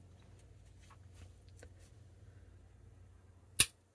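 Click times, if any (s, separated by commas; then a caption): 3.6 s. The long spear blade of a Victorinox Trailmaster 0.8463 Swiss Army folding pocket knife is opened until its lock engages. After a few faint handling ticks, a loud, sharp metallic snap rings out at 3.6 s, and the blade lock is seated.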